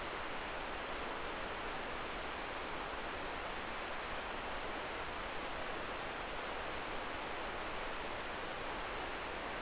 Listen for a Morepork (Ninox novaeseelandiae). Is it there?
no